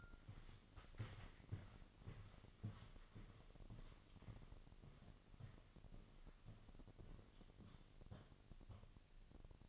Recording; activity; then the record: daily activity, microphone in the room; walk to room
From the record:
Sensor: 4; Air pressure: 1000.3 hPa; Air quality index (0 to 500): 210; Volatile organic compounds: 21 ppm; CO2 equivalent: 2715 ppm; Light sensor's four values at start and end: 9/20/8/8 and 9/21/8/8